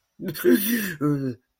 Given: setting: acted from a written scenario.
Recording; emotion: vocal sound without words; disgust